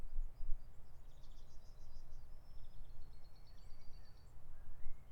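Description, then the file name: Bird calls, high rapid trills and thin twittering notes with a short whistle, heard over steady low-frequency background noise. "HPecha M birds"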